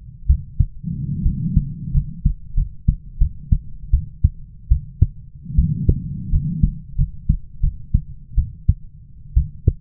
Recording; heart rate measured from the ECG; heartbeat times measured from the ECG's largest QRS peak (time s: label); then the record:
heart sounds by stethoscope; 79 bpm
0.27 s: heartbeat
1.23 s: heartbeat
1.92 s: heartbeat
2.55 s: heartbeat
3.19 s: heartbeat
3.91 s: heartbeat
4.69 s: heartbeat
5.56 s: heartbeat
6.30 s: heartbeat
6.96 s: heartbeat
7.61 s: heartbeat
8.36 s: heartbeat
9.35 s: heartbeat
From the record:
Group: healthy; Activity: rest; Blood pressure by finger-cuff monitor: 110/69 mmHg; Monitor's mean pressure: 83 mmHg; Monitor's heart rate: 81 bpm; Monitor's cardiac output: 7.1 L/min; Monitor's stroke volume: 87 mL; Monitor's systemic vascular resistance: 830 dyn s/cm5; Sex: female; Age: 22 years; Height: 157 cm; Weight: 47.6 kg